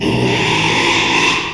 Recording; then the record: squeal of a Yucatan mini pig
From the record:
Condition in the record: after surgery on the right vocal fold (resection and tissue-engineered implant); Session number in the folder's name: 1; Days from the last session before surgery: 6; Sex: male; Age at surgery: 12 weeks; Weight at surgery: 13 kg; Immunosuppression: cyclosporine, prednisolone